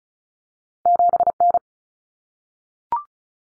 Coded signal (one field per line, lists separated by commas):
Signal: Morse code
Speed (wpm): 34 wpm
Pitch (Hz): 700 Hz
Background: none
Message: 7N